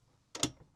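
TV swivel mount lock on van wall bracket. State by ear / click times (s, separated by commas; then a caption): seated / 0.4 s. A 32-inch TV on a swiveling lock mount fixed to the wall bracket of a 170 Extended Mercedes Sprinter van is pushed into its locked position for travel, so it won't bang around while the van is moving. Two sharp ticking clicks come in quick succession at about 0.4 s as the lock engages, then fade away. The mount is seated and locked in place.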